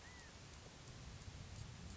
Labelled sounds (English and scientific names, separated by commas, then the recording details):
California Quail (Callipepla californica)
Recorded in Sonoma County, California